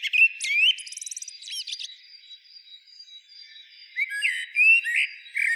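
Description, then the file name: Common blackbird: a whistled phrase, a fast rattling trill, then quieter twitters before a mellow fluted warble returns. "Turdus merula"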